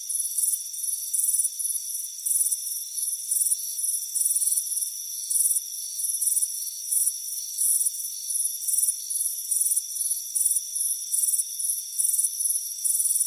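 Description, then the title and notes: Crickets chirp in rapid pulsed trills, bursts coming about once a second, above a continuous high whine. Crickets chirping on a warm afternoon by a front porch with a hammock. "Soothing Crickets Chirping Sound. It's a warm afternoon as you relax in a hammock on the front porch. Relax and fall asleep to the soothing sound of chirping crickets"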